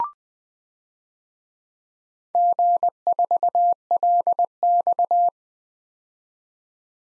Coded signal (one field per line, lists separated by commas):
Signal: Morse code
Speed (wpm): 20 wpm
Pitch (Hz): 700 Hz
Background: none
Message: G4LX